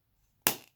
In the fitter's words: make sure you hear that snap or it's not really closed and then your ink pads can dry out quicker